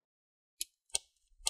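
The second back captive C-lock screw on the bottom cover of a Dell G3 17 Gaming laptop (P35E003) is turned until it clicks free. Three sharp clicks sound against near silence at 0.6, 1.0 and 1.5 seconds, and the screw is released.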